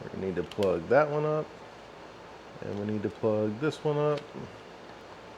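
During an Arlen Ness riser install on a 2025 Road Glide, with the throttle and throttle tube already in place, the handlebar wiring harness connector for the throttle and control wires is handled by hand before being plugged into its mating plug. Someone talks over a steady low background noise. Nothing has seated or clicked yet.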